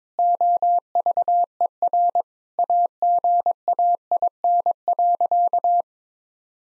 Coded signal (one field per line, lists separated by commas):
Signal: Morse code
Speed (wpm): 21 wpm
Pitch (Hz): 700 Hz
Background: none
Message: OVER AGAIN.